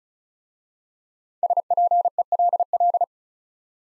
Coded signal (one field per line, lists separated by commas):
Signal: Morse code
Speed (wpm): 36 wpm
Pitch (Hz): 700 Hz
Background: none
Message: SPELL